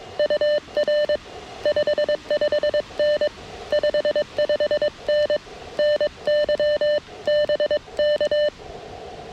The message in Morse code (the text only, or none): UR 55N 55N NYBK